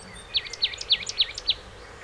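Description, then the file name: Marsh tit calling: a quick series of five sharp, downward-sweeping notes, evenly spaced about a quarter second apart, over faint background hiss. "Poecile palustris"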